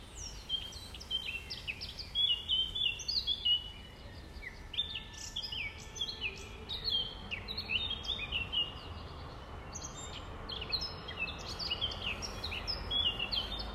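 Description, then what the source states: Nightingale song in a long run of varied chirps, slurred whistles and fast trills over steady background noise. 5 May 2020, about 05:32.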